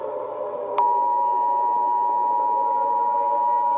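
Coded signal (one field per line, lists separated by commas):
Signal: Emergency Alert System (SAME) tones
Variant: 853 and 960 Hz attention tone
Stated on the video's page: Entirely fake asteroid-impact scenario made for entertainment, with tones that could trigger a real EAS activation.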